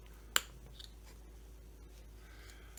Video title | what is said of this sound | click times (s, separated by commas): Stihl 025 Pawn Find Complete Rebuild w/ New Piston Step 1 | that's always a nice sound when you hear that thing snap | 0.4 s